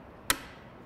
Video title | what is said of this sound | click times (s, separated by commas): Scalpel Safety | and you will hear a click | 0.3 s